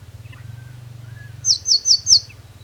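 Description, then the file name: Eurasian blue tit giving a quick run of four high, thin notes, with a low steady hum underneath. "Cyanistes caeruleus"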